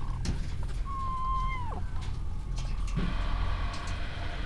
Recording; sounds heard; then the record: poultry house recording; sick chickens (respiratory disease)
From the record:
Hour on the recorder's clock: 15